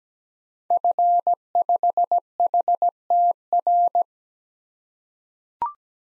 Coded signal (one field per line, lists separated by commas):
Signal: Morse code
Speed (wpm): 17 wpm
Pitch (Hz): 700 Hz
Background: none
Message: F5HTR